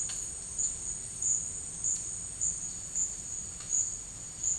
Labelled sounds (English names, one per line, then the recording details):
none
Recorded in dense forest near Puerto Asís, Putumayo, Colombia, on 19 March 2025 at 11:30
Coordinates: 0.485, -76.318
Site G056